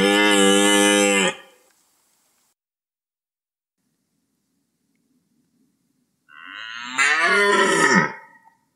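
Red deer giving a loud sustained bellow of just over a second, then a long silence and a rougher, wavering roar near the end.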